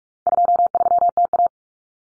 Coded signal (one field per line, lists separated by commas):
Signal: Morse code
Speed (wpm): 44 wpm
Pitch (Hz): 700 Hz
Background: none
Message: 23TA